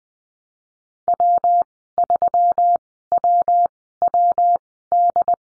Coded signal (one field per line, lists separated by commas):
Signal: Morse code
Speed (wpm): 20 wpm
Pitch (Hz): 700 Hz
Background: none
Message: W3WWD